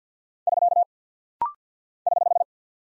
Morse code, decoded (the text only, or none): <SK> <HH>